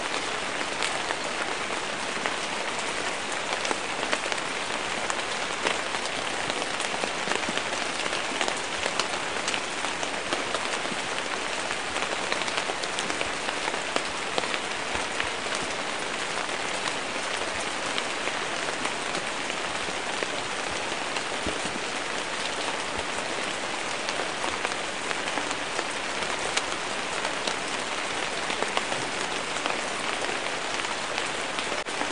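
Rain falls steadily on leaves, a dense, even patter of countless drops that never lets up over the half minute. The sound is bright and hissy, with tiny individual taps flickering through and little low rumble underneath.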